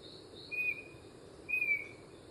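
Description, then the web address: Chestnut-backed antbird song: two clear, slightly falling whistles about one second apart, with constant high-pitched insect drone behind. Recorded in Gandoca-Manzanillo, Costa Rica. "Gandoca Manzanillo. myrmeciza exsul"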